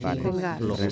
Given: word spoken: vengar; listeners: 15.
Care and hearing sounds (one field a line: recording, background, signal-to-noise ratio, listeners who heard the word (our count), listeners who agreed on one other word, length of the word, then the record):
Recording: one Spanish word in noise, from a listening test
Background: four-talker babble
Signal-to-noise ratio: -0.6 dB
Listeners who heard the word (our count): 0 of 15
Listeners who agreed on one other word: 6 of 15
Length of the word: 0.52 s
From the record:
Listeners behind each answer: 6, 1, 1, 1, 1, 1, 1, 1, 1, 1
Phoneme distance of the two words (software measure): 40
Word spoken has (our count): 2 syllables, 6 phonemes, stress on syllable 2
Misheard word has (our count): 2 syllables, 6 phonemes, stress on syllable 2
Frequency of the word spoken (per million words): 1.92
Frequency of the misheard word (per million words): 4.60